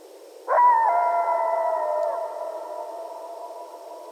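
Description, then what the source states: Coyotes howling together: several tonal howls at different pitches start abruptly, then are held steady while slowly fading. Coyotes recorded at night on 15 February 2012.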